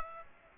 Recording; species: mosquito wingbeat signal from an infrared sensor; Aedes aegypti